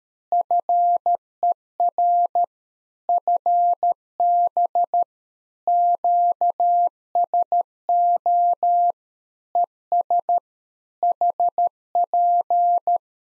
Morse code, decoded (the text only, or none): FER FB QSO ES HP